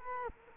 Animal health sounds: mosquito wingbeat signal from an infrared sensor; Culex quinquefasciatus

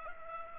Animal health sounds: mosquito wingbeat signal from an infrared sensor; Culex pipiens

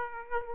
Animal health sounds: mosquito wingbeat signal from an infrared sensor; Aedes aegypti

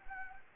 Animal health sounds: mosquito wingbeat signal from an infrared sensor; Anopheles gambiae

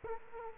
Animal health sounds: mosquito wingbeat signal from an infrared sensor; Culex quinquefasciatus

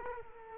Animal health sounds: mosquito wingbeat signal from an infrared sensor; Culex quinquefasciatus

